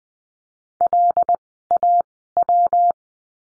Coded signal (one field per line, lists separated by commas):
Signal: Morse code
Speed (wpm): 20 wpm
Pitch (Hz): 700 Hz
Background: none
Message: L A W